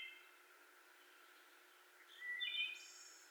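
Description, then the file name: Wood Thrush song: a quiet stretch, then one clear whistled phrase rising into a high, buzzy trill near the end. Recorded 18 May 2021. "2021-05-18 Wood Thrush"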